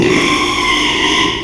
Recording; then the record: squeal of a Yucatan mini pig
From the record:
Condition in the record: after surgery on the right vocal fold (resection and tissue-engineered implant); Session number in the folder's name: 1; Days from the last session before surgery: 6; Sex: male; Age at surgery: 12 weeks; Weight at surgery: 13 kg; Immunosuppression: cyclosporine, prednisolone